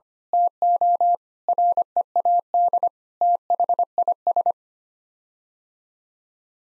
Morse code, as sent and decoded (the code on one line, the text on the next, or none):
- --- / .-. . .- -.. / - .... .. ...
TO READ THIS